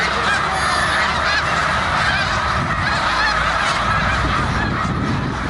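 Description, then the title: Snow goose flock calling: a dense, unbroken chorus of overlapping nasal honks holding steady throughout, over a low rumbling background. Several snow geese at Beaudet reservoir, Victoriaville. "Oies blanches au réservoir Beaudet, Victoriaville"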